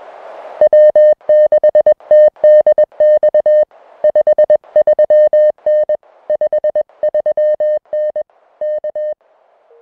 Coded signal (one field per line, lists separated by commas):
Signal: Morse code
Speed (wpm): 21 wpm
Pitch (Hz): 610 Hz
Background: music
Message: W6TDX 53N 53N K